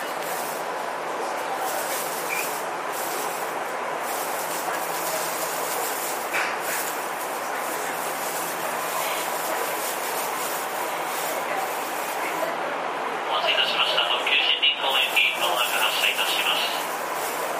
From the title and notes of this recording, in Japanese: 東急5050系4000番台 元町・中華街ー渋谷。東急東横線、みなとみらい線で録音をしました。東急5050系 元町•中華街-渋谷。